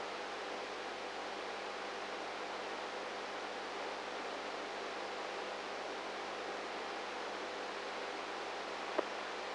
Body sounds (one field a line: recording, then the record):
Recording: brain microelectrode recording played as sound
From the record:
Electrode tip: inside the subthalamic nucleus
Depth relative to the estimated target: -3 mm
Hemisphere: right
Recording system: NeuroSet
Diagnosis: Parkinson's disease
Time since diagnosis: 19 years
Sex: female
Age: 58 years